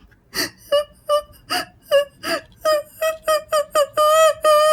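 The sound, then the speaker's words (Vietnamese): A girl's muffled, choked, aggrieved crying wail comes in a series of short sobbing bursts that grow longer and steadier toward the end, a high tremulous tone with no talking. “Mà lúc này á, nghe cái tiếng giống như là tiếng khóc mà theo cái kiểu ấm ức á các bạn.”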